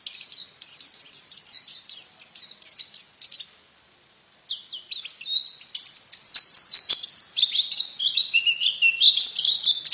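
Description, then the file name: White-eye song, a run of fast high twittering notes, a pause, then a louder tumbling stream of thin chirps and trills. Female bird. "suara pleci betina"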